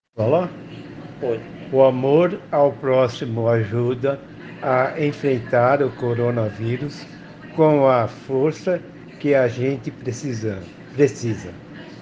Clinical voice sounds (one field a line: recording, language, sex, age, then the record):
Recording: spoken sentence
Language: Brazilian Portuguese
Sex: male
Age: 60 to 69 years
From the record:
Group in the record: respiratory insufficiency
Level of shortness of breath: 5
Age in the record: 65 years